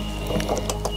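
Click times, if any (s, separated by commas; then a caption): none. The electrical plug of a camper trailer is handled and pushed up toward its socket underneath the trailer, giving a few short knocks and rattles over a steady background hum. Nothing has seated or clicked yet.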